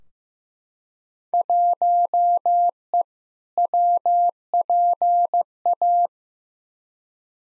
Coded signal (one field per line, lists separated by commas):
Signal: Morse code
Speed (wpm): 15 wpm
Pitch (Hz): 700 Hz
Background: none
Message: 1E WPA